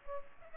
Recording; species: mosquito wingbeat signal from an infrared sensor; Culex pipiens